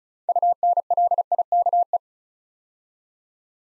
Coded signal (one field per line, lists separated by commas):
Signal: Morse code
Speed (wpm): 36 wpm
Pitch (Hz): 700 Hz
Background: none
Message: UNLIKE